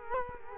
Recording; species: mosquito wingbeat signal from an infrared sensor; Culex quinquefasciatus